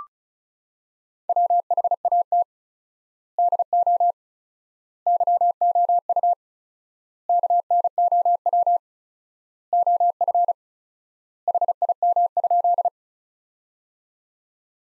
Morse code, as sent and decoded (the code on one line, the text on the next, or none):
.-- .... .- - / -.. --- / -.-- --- ..- / -.- -. --- .-- / --- ..-. / .... .. -- ..--..
WHAT DO YOU KNOW OF HIM?